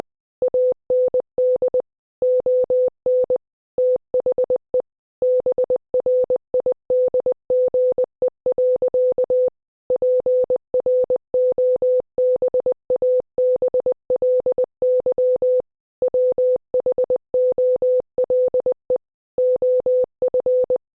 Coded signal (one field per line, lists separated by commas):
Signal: Morse code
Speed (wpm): 20 wpm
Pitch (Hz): 500 Hz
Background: none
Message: AND ON THE BRIDGE. PROBABLY WHOLE OF